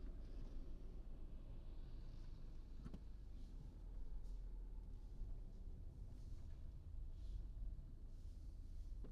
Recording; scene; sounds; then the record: everyday scene through a hearing-aid microphone; in a vehicle; engine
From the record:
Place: Berlingo II, diesel engine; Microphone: in the ear canal, right